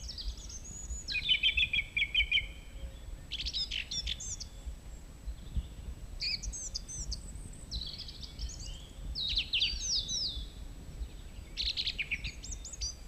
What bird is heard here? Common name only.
Song Thrush